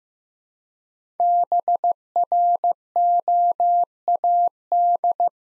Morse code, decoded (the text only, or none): BROAD